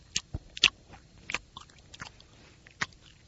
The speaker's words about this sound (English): And as I am eating the food, it became apparent to the guys back in the studio that every lip-smacking moment of my meal was being broadcast to 45 affiliates.